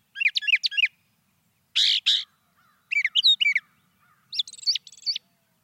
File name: suara-kicauan-brown-thrasher 2-omkicau